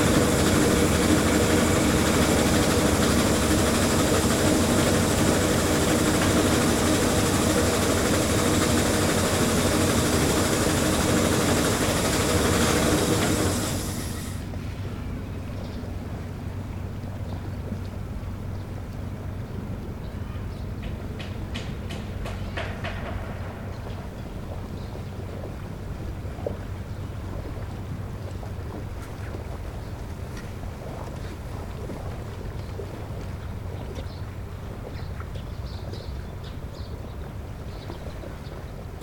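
A boat engine roars for the first fourteen seconds, a dense, steady drone with a bright hiss above it. Then it drops away abruptly, leaving a quieter low hum with scattered clicks and a brief rattling burst around twenty-two seconds.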